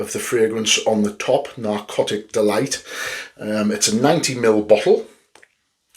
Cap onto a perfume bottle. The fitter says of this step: the lid does click into place it's a fairly wey lead